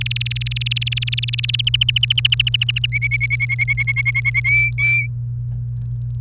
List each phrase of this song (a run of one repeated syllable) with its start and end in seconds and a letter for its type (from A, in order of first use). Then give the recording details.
0.01-1.69 A, 1.73-2.86 B, 2.92-4.40 C, 4.44-5.07 D. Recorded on 28 April 2018 at 07:36. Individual llb3